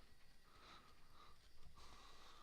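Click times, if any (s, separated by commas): none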